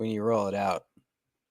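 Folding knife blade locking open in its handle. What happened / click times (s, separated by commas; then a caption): Handled, not yet home: the folding blade has not locked open / none. A folding knife's blade is being rolled out of its handle by hand. Someone talks for most of the clip, followed by a brief faint low sound near 1.0 seconds and then silence. The blade lock has not clicked open yet.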